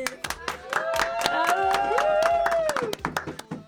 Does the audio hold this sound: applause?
yes